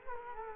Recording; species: mosquito wingbeat signal from an infrared sensor; Culex quinquefasciatus